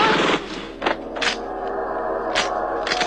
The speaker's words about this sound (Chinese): 仇人相见，分外眼红，顿时枪声大作，爆炸迭起。